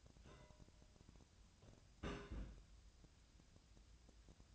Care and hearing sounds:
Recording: daily activity, microphone in the room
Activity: place on stove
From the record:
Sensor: 2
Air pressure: 1009.8 hPa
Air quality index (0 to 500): 180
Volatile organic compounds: 10 ppm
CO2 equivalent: 2255 ppm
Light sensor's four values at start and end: 32/78/34/37 and 32/78/34/38

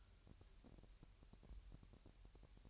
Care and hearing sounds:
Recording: daily activity, microphone in the room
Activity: take from stove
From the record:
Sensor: 2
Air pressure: 1001.8 hPa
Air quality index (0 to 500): 240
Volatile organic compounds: 31 ppm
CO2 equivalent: 2979 ppm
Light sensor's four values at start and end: 5/11/4/5 and 5/11/4/5

